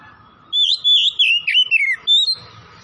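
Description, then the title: Oriental magpie-robin song: a bright burst of whistled, slurred notes falling from high to lower pitch, then a rising whistle, over a faint low hum. Singing vigorously (gacor); Tretes. "Kacer Tretes"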